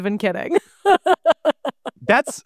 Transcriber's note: laughs